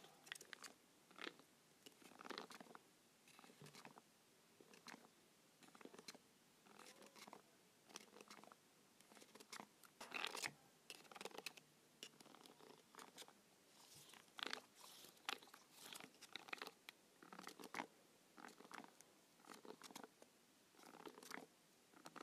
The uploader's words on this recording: ASMR Buttons on a Remote.